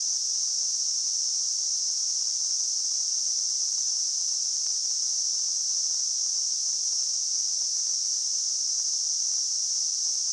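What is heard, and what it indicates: A steady, unbroken high-pitched hiss in a narrow band near 6 kHz holds unchanged for about ten seconds, with no breaks or rhythm. It is a simulated tinnitus sound, imitating the constant ringing or hissing some people perceive without any outside source.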